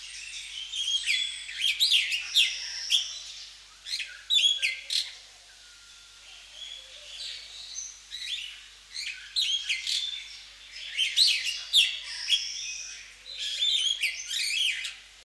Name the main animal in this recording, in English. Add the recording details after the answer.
Superb Starling. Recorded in captivity. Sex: male. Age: adult. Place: Zoo Berlin, Berlin, DE. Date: 1998-12-22 14:30. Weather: overcast, 0°C. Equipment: Sony MD-WM MZ-R3, Sennheiser MKH 416 T, Kopie Uher 4000 Report Monitor. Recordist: Tembrock, Günter